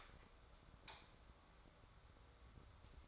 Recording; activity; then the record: daily activity, microphone in the room; light on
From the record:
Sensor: 3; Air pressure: 1010.2 hPa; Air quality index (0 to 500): 168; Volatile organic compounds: 9 ppm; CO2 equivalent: 2196 ppm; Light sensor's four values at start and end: 48/119/52/57 and 50/127/55/60